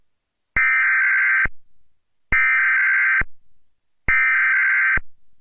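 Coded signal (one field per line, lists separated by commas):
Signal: Emergency Alert System (SAME) tones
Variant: header bursts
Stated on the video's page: Remake of a 2009 DIRECTV satellite TV EAS test.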